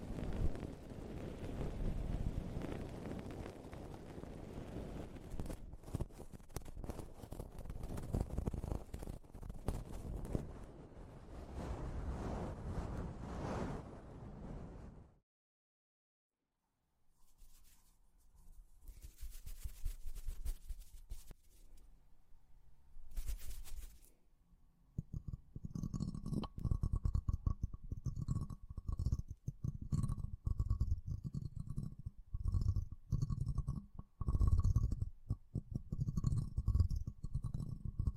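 A microphone is slowly grabbed and handled, giving dense low rumbling and rubbing for about fifteen seconds before a brief drop to silence. Quieter scratchy contact follows, then heavy rumbling returns with a steady mid-pitched whine and faint chirping high above.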